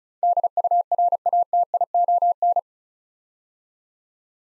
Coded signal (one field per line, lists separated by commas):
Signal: Morse code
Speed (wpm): 36 wpm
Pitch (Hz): 700 Hz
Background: none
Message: DURATION